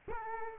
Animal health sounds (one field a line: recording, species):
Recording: mosquito wingbeat signal from an infrared sensor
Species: Culex quinquefasciatus